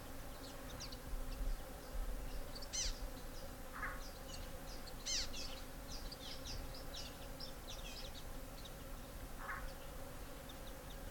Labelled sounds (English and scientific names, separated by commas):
Cape Verde Warbler (Acrocephalus brevipennis) call